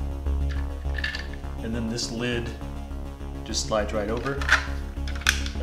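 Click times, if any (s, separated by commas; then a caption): 5.3 s. A plastic cover lid slides over the controller board housing on a Zyltech HEVO 2.0 3D printer build and snaps into place with a sharp plastic click at 5.3 seconds. Someone talks throughout over steady background music and low hum, with a few lighter taps and clicks earlier as the lid is handled.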